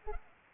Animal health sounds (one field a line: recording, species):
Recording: mosquito wingbeat signal from an infrared sensor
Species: Culex pipiens